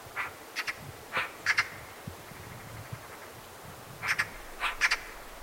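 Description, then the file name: Eurasian magpie making a few scattered harsh, nasal chatter notes, with a quiet gap before a final cluster of rasping calls. "Pica pica"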